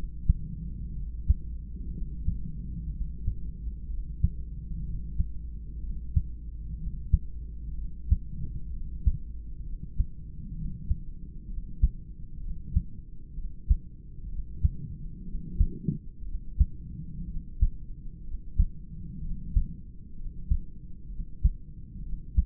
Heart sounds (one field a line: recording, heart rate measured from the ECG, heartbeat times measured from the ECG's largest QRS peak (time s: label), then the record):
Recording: heart sounds by stethoscope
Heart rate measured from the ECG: 63 bpm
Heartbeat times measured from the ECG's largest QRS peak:
0.92 s: heartbeat
1.91 s: heartbeat
2.90 s: heartbeat
3.87 s: heartbeat
4.83 s: heartbeat
5.79 s: heartbeat
6.76 s: heartbeat
7.75 s: heartbeat
8.70 s: heartbeat
9.63 s: heartbeat
10.54 s: heartbeat
11.47 s: heartbeat
12.40 s: heartbeat
13.35 s: heartbeat
14.29 s: heartbeat
15.25 s: heartbeat
16.25 s: heartbeat
17.27 s: heartbeat
18.24 s: heartbeat
19.21 s: heartbeat
20.16 s: heartbeat
21.09 s: heartbeat
22.02 s: heartbeat
From the record:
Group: heart failure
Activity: rest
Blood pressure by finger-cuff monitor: 111/76 mmHg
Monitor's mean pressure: 88 mmHg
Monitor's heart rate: 63 bpm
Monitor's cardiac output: 3.6 L/min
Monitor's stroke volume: 59 mL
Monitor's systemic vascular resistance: 1780 dyn s/cm5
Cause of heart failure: idiopathic cardiomyopathy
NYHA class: 2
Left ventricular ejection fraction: 17%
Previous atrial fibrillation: present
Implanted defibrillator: present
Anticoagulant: edoxaban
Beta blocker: bisoprolol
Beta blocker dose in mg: 7.5 twice daily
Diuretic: furosemide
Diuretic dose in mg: 20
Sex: male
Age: 63 years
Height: 160 cm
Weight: 69 kg